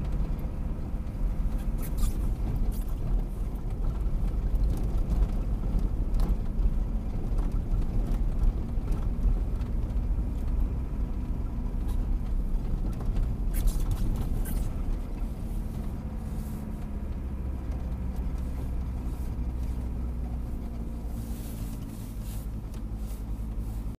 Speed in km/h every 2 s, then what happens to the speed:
25, 26, 28, 29, 32, 32, 30, 25, 22, 19, 16, 16.
0-10 speeds up to 32. 10-20 slows to 16.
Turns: none.